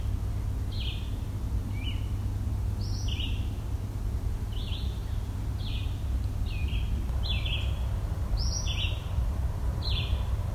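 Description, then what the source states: Blue Jay's odd call: a series of short, descending notes over steady low background noise. Making a weird call, which blue jays sometimes do; old-growth forest with a spicebush understory.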